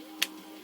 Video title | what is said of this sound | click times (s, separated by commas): SOG Fasthawk, Black Friday Deals, And Knife Talk! | locks there and then we're back down to where we started | 0.2 s